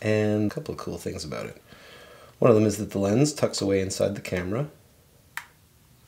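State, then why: Seated. Someone talks while the collapsible 40 mm f/3.5 lens of a Rollei 35 T compact 35mm film camera is pulled out of its metal body into shooting position, ready to take photographs. After the talking stops there is a short quiet pause, then a single sharp click at 5.4 s as the lens locks into place.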